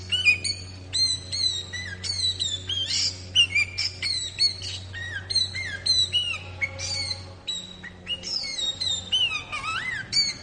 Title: Suara Burung Kutilang